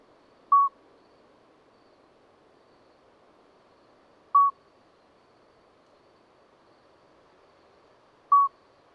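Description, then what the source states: Common midwife toad song: brief, pure piping notes repeated about every four seconds, three in all, over a low steady hiss. Two common midwife toads singing a discreet single-note song all night until dawn, Lesches-en-Diois, 13 May 2020, after two days of rain, wet vegetation; recorded with Nagra Seven and MKH40.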